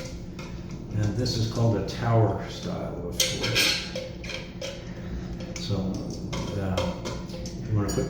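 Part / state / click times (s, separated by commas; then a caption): flush tower into its base in the toilet tank / not seated / none. A plastic flush tower in a Kohler toilet tank is set down over its base, ready to be pushed and turned to lock. Someone talks while short plastic contact knocks and taps are heard. Nothing has locked or clicked into place yet.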